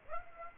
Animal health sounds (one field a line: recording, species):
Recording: mosquito wingbeat signal from an infrared sensor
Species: Aedes aegypti